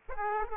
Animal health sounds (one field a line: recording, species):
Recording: mosquito wingbeat signal from an infrared sensor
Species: Aedes aegypti